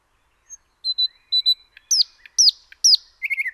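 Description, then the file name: Common nightingale song: soft whistles, then loud downslurred notes repeated about every half second, finishing in a short rapid trill. "Luscinia megarhynchos"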